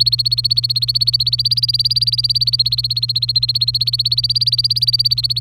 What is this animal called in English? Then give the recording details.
Domestic Canary. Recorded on 27 April 2018 at 09:02. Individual llb3